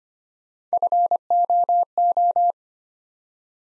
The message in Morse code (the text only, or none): FOO